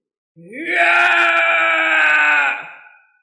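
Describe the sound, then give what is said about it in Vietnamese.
A man lets out a single loud, sustained scream lasting about two seconds. It starts low, climbs quickly in pitch, holds a strained, raspy tone, then cuts off. “hét to, xương cốt toàn thân như đang di động, không ngừng nổ vang như pháo trúc.”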